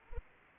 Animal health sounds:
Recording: mosquito wingbeat signal from an infrared sensor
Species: Anopheles arabiensis

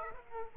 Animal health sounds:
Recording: mosquito wingbeat signal from an infrared sensor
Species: Aedes aegypti

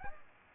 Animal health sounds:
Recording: mosquito wingbeat signal from an infrared sensor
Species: Aedes aegypti

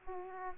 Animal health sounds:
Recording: mosquito wingbeat signal from an infrared sensor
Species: Aedes aegypti

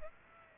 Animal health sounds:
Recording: mosquito wingbeat signal from an infrared sensor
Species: Aedes aegypti

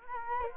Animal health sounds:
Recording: mosquito wingbeat signal from an infrared sensor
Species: Culex quinquefasciatus

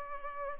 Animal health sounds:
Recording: mosquito wingbeat signal from an infrared sensor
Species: Culex pipiens

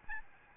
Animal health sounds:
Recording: mosquito wingbeat signal from an infrared sensor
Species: Aedes albopictus

